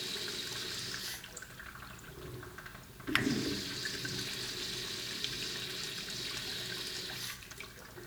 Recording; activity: daily activity, guitar pickup as the sensor; flush